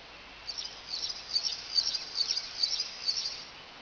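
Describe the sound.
Warbler song, a thin series of high twittering notes over a steady background hiss.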